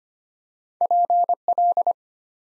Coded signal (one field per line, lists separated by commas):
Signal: Morse code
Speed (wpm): 25 wpm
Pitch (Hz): 700 Hz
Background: none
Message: PL